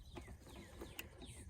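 A wiring connector is pulled into a new steering wheel control button on a 2003 LeSabre Celebration Edition until it snaps and locks in place, with a single sharp click at 1.0 s. Faint bird-like chirps sound in the background. The connector is seated.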